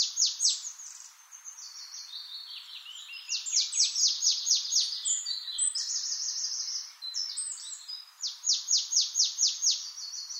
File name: Poecile palustris